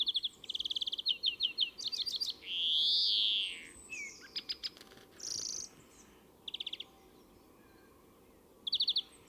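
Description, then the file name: European greenfinch song of quick chirping trills broken by a long, loud, arching nasal wheeze, then scattered shorter trill bursts with pauses. "Chloris chloris"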